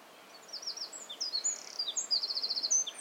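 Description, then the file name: Eurasian wren song: a short, loud run of high sharp notes building into a fast, even trill, then more rapid chips. "Troglodytes troglodytes"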